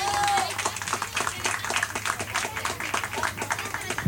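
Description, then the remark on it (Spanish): An audience applauds a guest as she takes her seat, with dense, rapid clapping that keeps up steadily for about four seconds at a moderate level, over a low, steady hum. “Un aplauso fuerte para la tía.”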